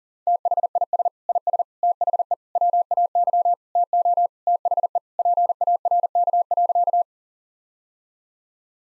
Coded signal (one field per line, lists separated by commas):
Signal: Morse code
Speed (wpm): 40 wpm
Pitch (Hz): 700 Hz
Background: none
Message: THIS IS THE WAY TO THE PARK.